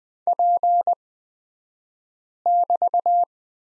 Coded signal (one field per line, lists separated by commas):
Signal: Morse code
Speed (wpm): 20 wpm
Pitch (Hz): 700 Hz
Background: none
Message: P<BT>